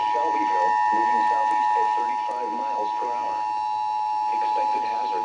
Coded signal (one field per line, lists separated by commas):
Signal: Emergency Alert System (SAME) tones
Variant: 853 and 960 Hz attention tone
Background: speech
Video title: EAS #200!!!!!!!!!!!!!!!!!